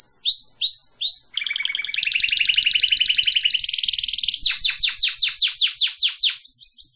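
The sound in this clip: Canary song: a few high whistled notes, then buzzy rolling trills that shift pitch, then a fast run of repeated descending sweeps, ending on high whistles.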